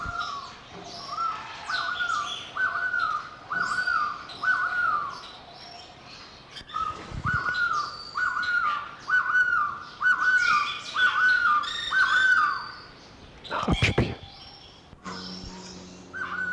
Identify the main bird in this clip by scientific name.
Pharomachrus antisianus